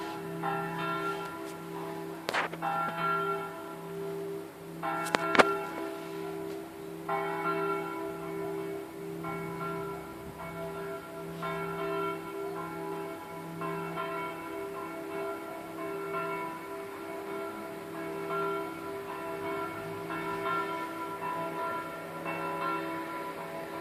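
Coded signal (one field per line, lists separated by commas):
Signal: bell signal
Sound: a single church bell ringing repeatedly with a long, humming resonance between strokes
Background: outdoor ambience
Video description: -h. 20:30: segnale orario della mezza sulla 3^ Mi3 e distesa della stessa.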